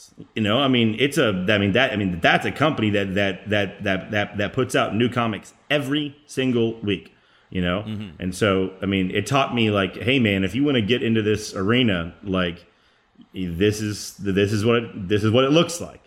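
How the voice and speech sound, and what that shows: Conversational adult male speech with a six-fold whole-word repetition ("that that that that that that") and phrase repeats, typical of stuttering disfluency; the speaker has a stutter, a speech impediment heard every now and then.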